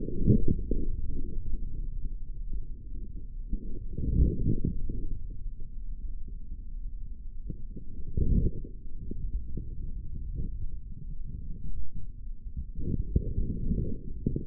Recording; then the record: forearm muscle sounds (acoustic myography)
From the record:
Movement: forearm pronation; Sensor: system 3, bracelet of six PUI Audio POM-2738L microphones around the upper forearm, with dedicated amplification and filtering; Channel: 6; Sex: male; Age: 25 years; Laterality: right